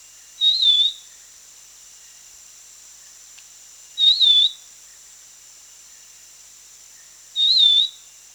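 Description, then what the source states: Black-capped babbler whistling a clear, pure note that rises slightly then dips, repeated three times about every three and a half seconds over a steady high hiss. Recorded on 1 July 2008.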